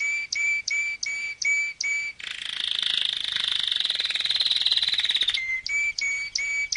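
Canary song: clear repeated whistled notes about three per second, then a fast buzzy trill held for three seconds, then the whistled notes return.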